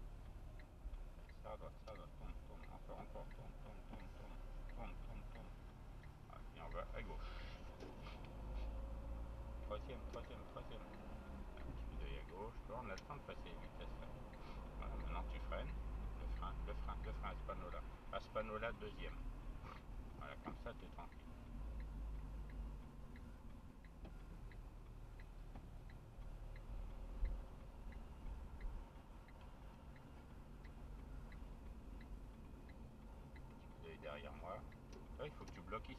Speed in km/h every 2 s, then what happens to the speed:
16, 17, 19, 26, 32, 35, 39, 42, 37, 29, 26, 20, 19, 22, 24, 23, 22, 24.
0-13 speeds up to 42. 13-23 slows to 19. 23-36 steady at about 22.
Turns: 0-5.